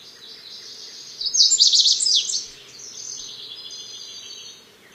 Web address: Songs of Birds of North America Know Your Bird Sounds Common Western Species. Lazuli Bunting